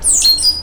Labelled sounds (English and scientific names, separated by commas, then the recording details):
Stitchbird (Notiomystis cincta) song
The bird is a male
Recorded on Tiritiri Matangi Island, New Zealand, in 2005
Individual 12, of nest box 16